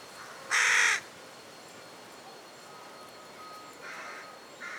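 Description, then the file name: Carrion crow giving one loud raspy caw, followed by two fainter, shorter caws near the end over low background noise. "Corvus corone"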